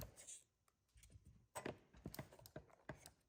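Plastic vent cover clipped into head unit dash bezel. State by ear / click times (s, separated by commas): seated / 2.9 s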